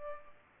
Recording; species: mosquito wingbeat signal from an infrared sensor; Culex pipiens